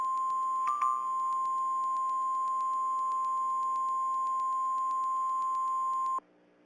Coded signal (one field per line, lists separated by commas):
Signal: Emergency Alert System (SAME) tones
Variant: 1050 Hz attention tone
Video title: Faro Channel EAS Mock Severe Thunderstorm Warning